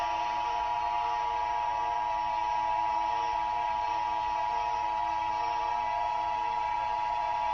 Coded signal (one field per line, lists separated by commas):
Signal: Emergency Alert System (SAME) tones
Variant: 853 and 960 Hz attention tone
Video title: Eas scenario ufo mothership ball